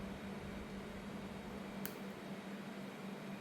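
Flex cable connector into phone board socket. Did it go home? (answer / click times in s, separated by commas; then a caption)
yes / 1.9 s. During reassembly of a Samsung Galaxy Fold 4, a small flex cable connector is pressed by finger into its socket on the phone board. A single short, sharp click at 1.9 s stands out over a steady background hiss and low hum. The connector snaps home and is seated.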